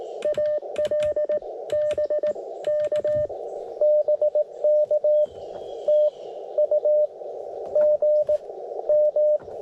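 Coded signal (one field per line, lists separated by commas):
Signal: Morse code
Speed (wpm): 21 wpm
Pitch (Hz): 590 Hz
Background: radio noise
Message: AL BK BK TU GM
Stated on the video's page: CW Parks on the Air activation on 30m and 17m with homemade lightweight vertical antenna, during a contest weekend; iambic paddle.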